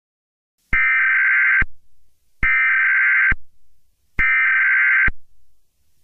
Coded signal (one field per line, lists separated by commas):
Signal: Emergency Alert System (SAME) tones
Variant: header bursts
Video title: eas scenario catemojibabyheat part 17